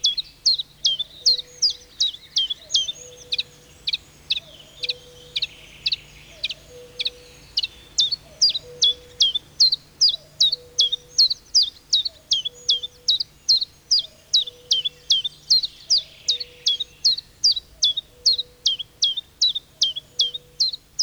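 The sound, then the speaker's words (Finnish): A common chiffchaff sings in a spruce forest, a long, steady series of sharp, high notes alternating between two pitches, repeated at an even brisk rhythm, with faint lower bird calls sounding intermittently beneath. “Tiltaltti on uunilinnun sukulainen.”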